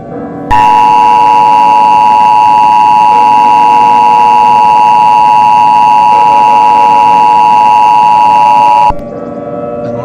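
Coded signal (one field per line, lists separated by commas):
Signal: Emergency Alert System (SAME) tones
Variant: 853 and 960 Hz attention tone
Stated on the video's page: Fictional EAS scenario, fake alert.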